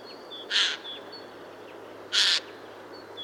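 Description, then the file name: Eurasian jay giving two harsh, rasping screeches about a second and a half apart, over thin high whistled notes from another small bird. "Garrulus glandarius"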